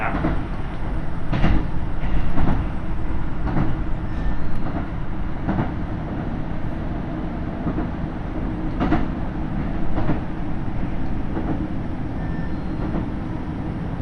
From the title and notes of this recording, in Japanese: 高山本線 岐阜→美濃太田（キハ75）。車両はキハ75系で快速みえ号にも使われています。